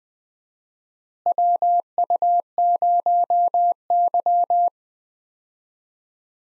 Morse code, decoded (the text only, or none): WU0Y